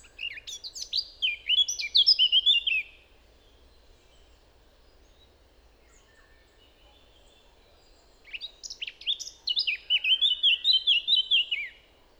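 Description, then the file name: Eurasian blackcap song: two warbling phrases, each opening with scratchy notes and ending in loud clear fluty whistles, separated by a quiet stretch of several seconds. "Sylvia atricapilla"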